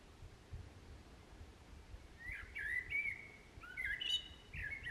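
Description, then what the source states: Common blackbird song: low fluting whistled phrases from just after the two-second mark, with a higher twittering flourish near four seconds, over faint low background rumble. Singing in a park, May 2021.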